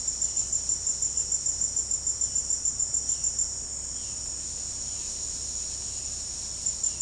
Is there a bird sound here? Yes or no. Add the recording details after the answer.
no. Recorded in secondary vegetation near Puerto Asís, Putumayo, Colombia, on 19 February 2024 at 17:30. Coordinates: 0.489, -76.322. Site G6419